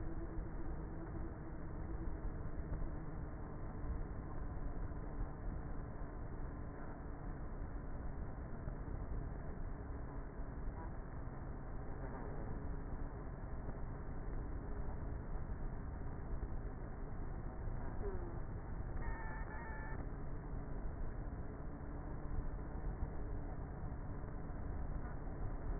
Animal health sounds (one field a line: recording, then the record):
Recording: honeybee colony, microphone inside the hive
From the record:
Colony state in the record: queenless with a low population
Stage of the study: before two queens were removed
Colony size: about 30,000 bees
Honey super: no